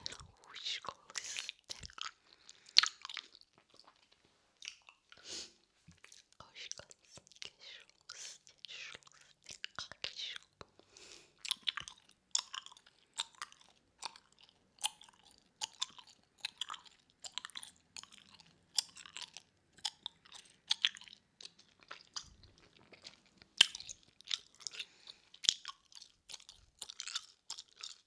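Wet gum chewing fills the clip, with dense, irregular smacks and clicks arriving several times a second throughout. The sounds are bright and crisp, with soft breathy whispering mixed between them.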